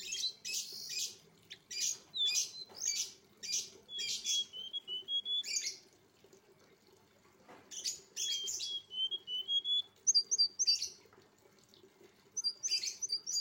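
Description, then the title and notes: Streaked spiderhunter song: harsh buzzy chirp bursts alternating with short runs of clear whistled notes, with gaps of quiet and a faint background hum. Training (masteran) recording for cage birds; bird described as singing actively (gacor), clear and long. "Pijantung Gunung Gacor Jernih Panjang. Masteran burung"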